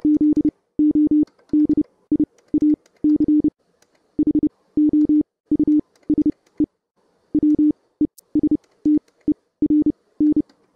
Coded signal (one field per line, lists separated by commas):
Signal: Morse code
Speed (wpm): 30 wpm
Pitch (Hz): 300 Hz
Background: none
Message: ZODIAC HOUSE WESTERN